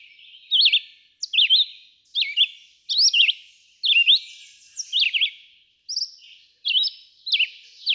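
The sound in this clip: Red-eyed vireo: brisk whistled phrases, each slurring up or down, repeated about once a second.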